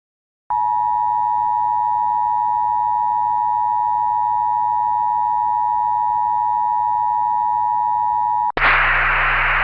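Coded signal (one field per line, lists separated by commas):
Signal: Emergency Alert System (SAME) tones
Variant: 853 and 960 Hz attention tone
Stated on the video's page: Requested mock alert, not a real activation, made with an EAS kit that runs in Keynote on macOS.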